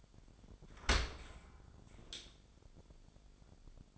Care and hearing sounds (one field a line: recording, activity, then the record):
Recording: daily activity, microphone in the room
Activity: open dishwasher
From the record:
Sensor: 5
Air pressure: 1006.8 hPa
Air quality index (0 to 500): 184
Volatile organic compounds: 5 ppm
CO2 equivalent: 1760 ppm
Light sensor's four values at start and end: 52/146/57/58 and 52/145/57/57